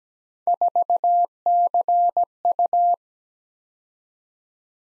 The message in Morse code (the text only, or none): 4CU